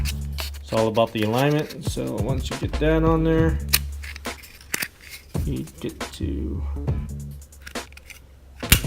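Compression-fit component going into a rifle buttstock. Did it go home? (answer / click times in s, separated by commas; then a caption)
yes / 8.7 s. A compression-fit part is lined up and pushed down into a Fortis MFG LA polymer rifle buttstock during reassembly while someone talks over background music. Small handling taps and knocks follow, and at 8.7 s a sharp, loud click is heard as the part seats in place.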